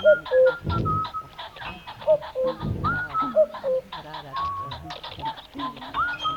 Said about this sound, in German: Kuckuck.